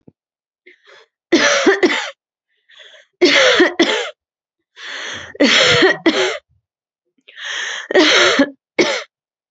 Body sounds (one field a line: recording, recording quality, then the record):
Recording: heavy voluntary cough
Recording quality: excellent, no background noise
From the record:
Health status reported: healthy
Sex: female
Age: 27 years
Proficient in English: yes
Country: India